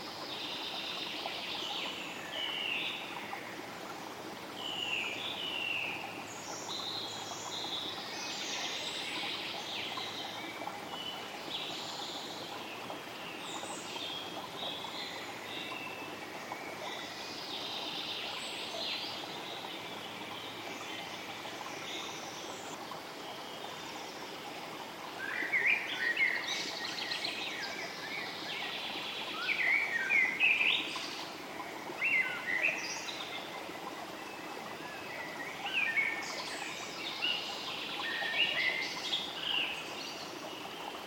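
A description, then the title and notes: Birds sing over a steady rushing of river water that fills the whole recording. Bright chirps and trills come almost constantly and grow louder and busier after about 25 seconds, with a strong burst near 30 seconds. River Birds Singing Noise.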